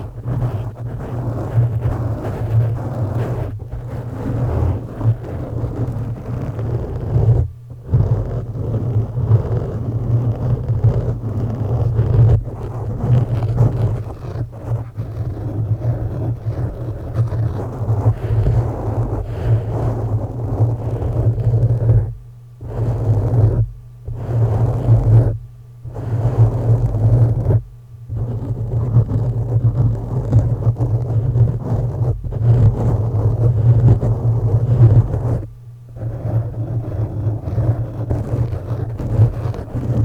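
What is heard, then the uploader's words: Heavy scratching and rubbing against a microphone, a dense rough noise over a steady low hum. The sound cuts out abruptly for short moments around 4, 8 and 22 seconds, then stops and starts repeatedly between 23 and 36 seconds. Mic Scratching.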